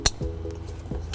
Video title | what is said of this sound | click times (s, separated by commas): 2009 Nissan Rogue Trailer Wiring Installation | Again, we want to hear the click. It lets us know it's secured. | 0.1 s